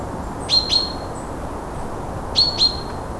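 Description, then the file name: Common chaffinch giving sharp high call notes in two pairs separated by nearly two seconds, against a low steady hiss. "Fringilla coelebs"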